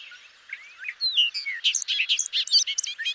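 Bobolink song: a bubbling, jumbled run of tinkling, metallic notes that starts softly and grows louder, with quick rising and falling slurs.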